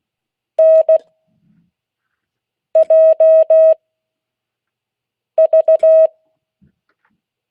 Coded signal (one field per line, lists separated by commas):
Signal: Morse code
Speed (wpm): 16 wpm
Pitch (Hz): 640 Hz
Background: none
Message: N J V